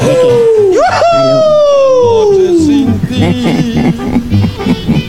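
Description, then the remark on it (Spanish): A sound effect of people shouting: a long, shrill whooping yell climbs sharply, then slides slowly down in pitch for a couple of seconds over a loud, busy murmur of other voices that carries on afterward. “Efecto sonido de gritos de”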